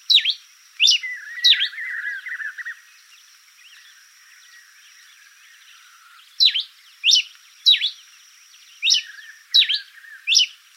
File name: coryphospingus pileatus